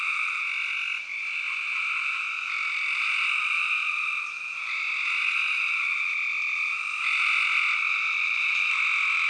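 Spring peepers in full chorus, an unbroken loud, high wall of peeps that barely wavers throughout.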